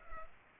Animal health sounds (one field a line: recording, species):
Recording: mosquito wingbeat signal from an infrared sensor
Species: Culex pipiens